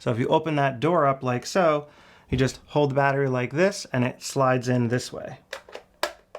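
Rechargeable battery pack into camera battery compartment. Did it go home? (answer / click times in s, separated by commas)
yes / 6.0 s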